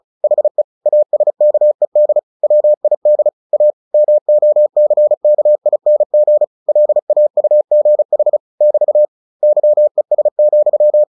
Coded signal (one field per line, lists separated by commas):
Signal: Morse code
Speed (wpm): 36 wpm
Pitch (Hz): 600 Hz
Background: none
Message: HE ASKED WID A MOCKING LAUGH <BT> YES,